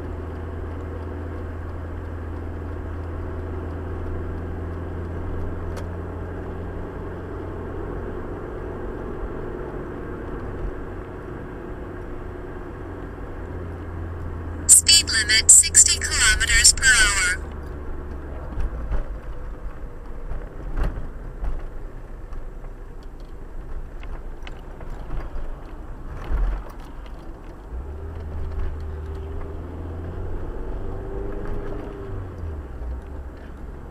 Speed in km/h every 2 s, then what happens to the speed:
62, 63, 65, 67, 69, 70, 70, 60, 56, 50, 43, 38, 35, 33, 33, 42, 41.
0-12 speeds up to 70. 12-24 slows to 35. 28-30 speeds up to 42.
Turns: none.